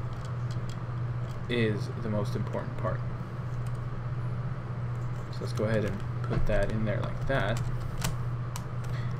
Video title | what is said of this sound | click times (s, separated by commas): How To Replace T440 Trackpad with T450 Trackpad - Assembly and Disassembly 1080p STEP BY STEP | and you should be able to feel it how it clicks into place | 8.0 s, 8.6 s